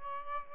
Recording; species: mosquito wingbeat signal from an infrared sensor; Aedes albopictus